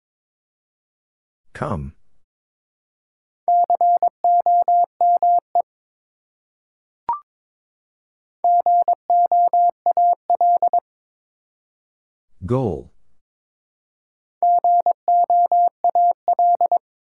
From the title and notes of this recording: Four Letter Words - 22wpm. First, the word is sent in Morse code. Then it is spoken. Finally, it is sent again in More code.